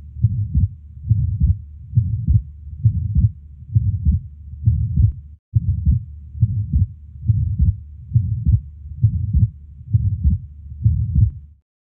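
Regular heartbeat near 70 a minute in an adult, with a soft murmur heard at the left base of the heart (left upper chest), from an atrial septal defect.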